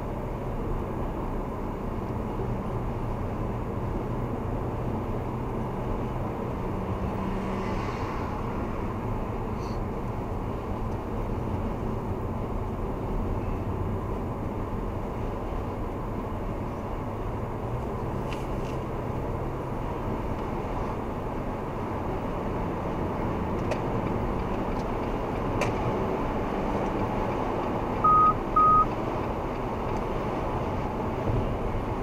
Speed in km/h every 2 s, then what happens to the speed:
75, 76, 78, 80, 77, 75, 75, 77, 79, 84, 90, 96, 104, 106, 103, 99.
0-16 steady at about 77. 16-25 speeds up to 106.